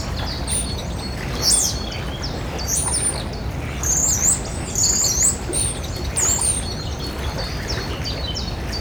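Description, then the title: Common starling song of sharp, high-pitched metallic trills and squeaks in quick succession, with continuous low-frequency background noise. Singing very high in metallic upper registers; 54 Rue de la Garonne, Beauzelle, France; Sennheiser MKH8040 microphones in ORTF with a MixPre-6 recorder. "54 Rue de la Garonne, 31700 Beauzelle, France - Un étourneau sansonnet aux trilles métalliques"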